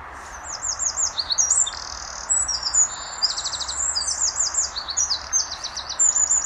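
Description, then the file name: Eurasian wren delivering a long, loud stream of very high trills and rattling notes, almost continuous throughout, with a soft steady hiss underneath. "Troglodytes troglodytes"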